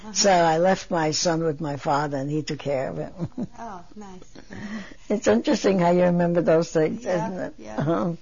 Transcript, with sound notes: So, I left my son with my father and he took care of him. (She laughs.)
Oh, nice.
It's interesting how you remember those things, isn't